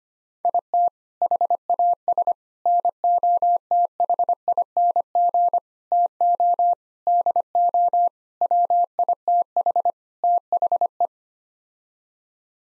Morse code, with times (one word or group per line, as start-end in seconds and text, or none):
0.4-0.9 IT
1.2-2.3 HAS
2.7-5.6 NOTHING
5.9-6.7 TO
7.1-8.1 DO
8.4-9.9 WITH
10.2-11.1 THE